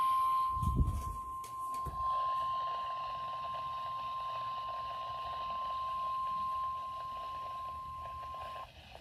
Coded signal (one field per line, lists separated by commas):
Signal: Emergency Alert System (SAME) tones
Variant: 1050 Hz attention tone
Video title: EAS #32 - Required Weekly Test (KEC83)